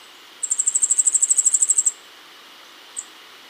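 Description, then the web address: Yellow-faced grassquit's single very high, insect-like trill of many rapid even pulses, followed after a pause by one short sharp note. Ecuador. "Birds of Ecuador Yellow-faced Grassquit"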